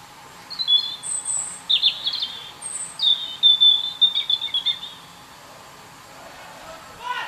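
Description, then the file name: European robin singing thin, high, liquid phrases with drawn-out whistles and quick trills, varying from note to note for about five seconds before falling quiet. "Erithacus rubecula"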